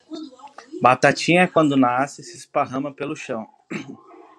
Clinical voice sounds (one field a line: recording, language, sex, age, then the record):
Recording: short text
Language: Brazilian Portuguese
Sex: male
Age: 20 to 29 years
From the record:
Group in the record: control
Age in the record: 22 years